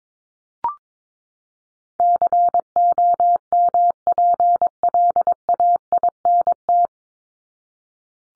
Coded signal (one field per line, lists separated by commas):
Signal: Morse code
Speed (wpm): 22 wpm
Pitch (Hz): 700 Hz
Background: none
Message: COMPLAINT